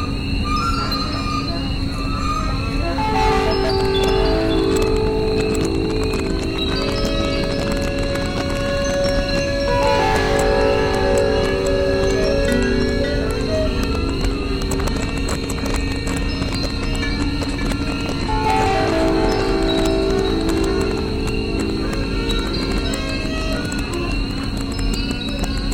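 Electronic bell chimes ring out in descending runs about every eight seconds over a steady hum, dense low rumble and faint clip-clopping.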